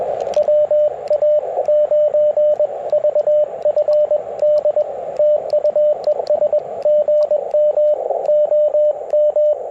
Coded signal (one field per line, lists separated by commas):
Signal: Morse code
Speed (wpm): 21 wpm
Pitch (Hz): 600 Hz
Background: radio noise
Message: WA9VFD TU ES GM OM